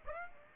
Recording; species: mosquito wingbeat signal from an infrared sensor; Aedes aegypti